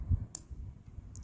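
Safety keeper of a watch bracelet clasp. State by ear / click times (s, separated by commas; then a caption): seated / 0.4 s. The metal safety keeper on a Nodus watch bracelet's dual-release clasp is folded over and pressed closed, giving one sharp, bright click at 0.4 s over a low background rumble, with a couple of faint ticks near 1.2 s. The keeper seats with a firm, positive click.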